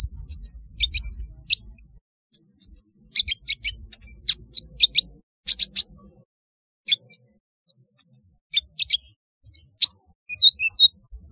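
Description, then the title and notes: Sunbird twittering: repeated bursts of very high, clicky chirps and short squeaks, pausing briefly between groups. "Kicau Burung Kolibri"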